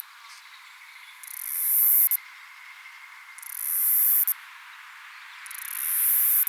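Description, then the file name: Cicada producing three shrill buzzing phrases that swell and stop abruptly, about two seconds apart, with a faint steady hum beneath. Recorded at Yarraman. "Myopsalta umbra Yarraman"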